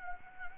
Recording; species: mosquito wingbeat signal from an infrared sensor; Anopheles gambiae